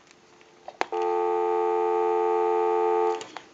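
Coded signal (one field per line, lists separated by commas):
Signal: telephone call progress tone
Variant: North America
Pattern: dial tone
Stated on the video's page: Call progress tone on a Bellsouth Trimline telephone during initial checkout and repair.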